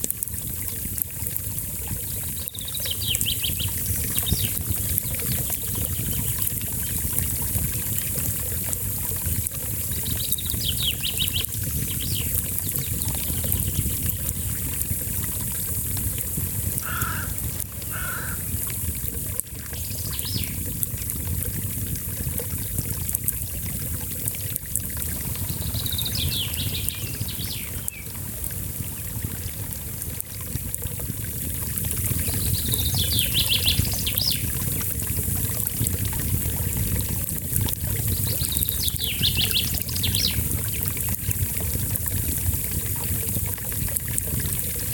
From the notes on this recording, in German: Es ist ein kleines Bächlein, ein Lagerfeuer und viele Vöglein (Buchfinken und Grünspecht konnte ich identifizieren) zu hören.